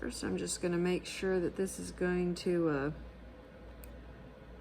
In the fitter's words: Yep, that pops right into place.